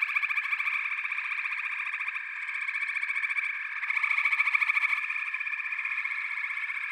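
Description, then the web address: Frogs, many calling together in a continuous chorus of rapid pulsed trills. "The Natural Sounds of the Wilderness. Echoes of Nature - Frog Chorus"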